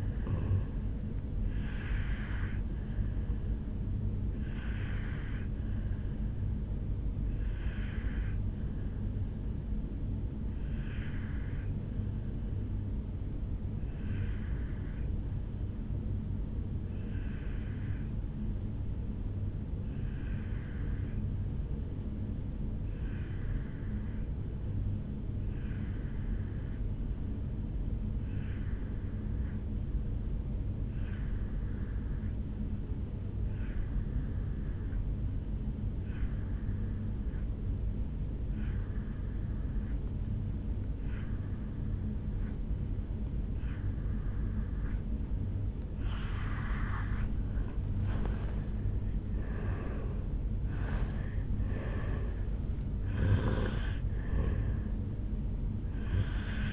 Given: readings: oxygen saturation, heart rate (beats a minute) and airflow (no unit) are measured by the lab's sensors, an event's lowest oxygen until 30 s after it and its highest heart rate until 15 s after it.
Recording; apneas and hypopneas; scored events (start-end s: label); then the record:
breathing in sleep by a smartphone at the bedside; 1
5.00-48.20 s: hypopnea (N2, oxygen 94% highest, then 83% lowest, heart rate 73 at the start, 78 highest)
From the record:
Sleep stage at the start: N2 (light sleep); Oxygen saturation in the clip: 84 to 94%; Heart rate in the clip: 59 to 78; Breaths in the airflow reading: 9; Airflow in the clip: -12.4 to 8.4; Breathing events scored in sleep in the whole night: 449 in 7.0 hours asleep